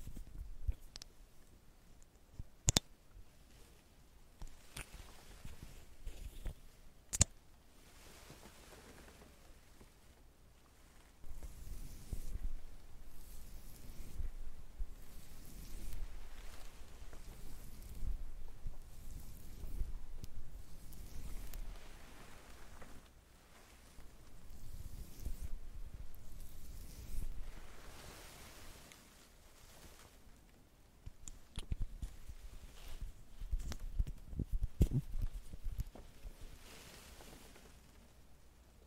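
Makeup sounds with tweezers and a curling iron: soft, low rustling and handling, busier after ten seconds, with sharp clicks near 3, 7 and 31 seconds.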